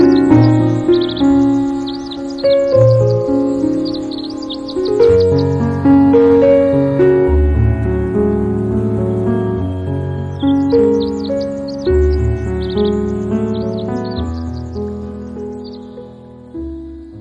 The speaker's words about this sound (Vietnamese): Trong khi lắng nghe tiếng hót của những con chim nhỏ, màu sáng như ngọc,